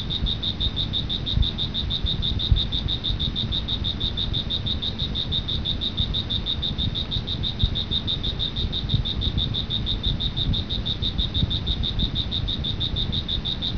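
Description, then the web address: Cricket chirping in a steady, rapid series of high pulses over a constant low rumbling background noise. "特酷声音素材库 动物 昆虫 蟋蟀"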